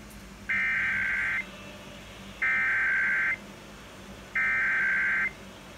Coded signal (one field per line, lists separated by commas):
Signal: Emergency Alert System (SAME) tones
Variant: header bursts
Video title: Pennsylvania Required Monthly Test on WSOX 96.1 FM EAS#220 6/16/22